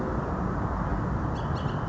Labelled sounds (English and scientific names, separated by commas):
Bullock's Oriole (Icterus bullockii)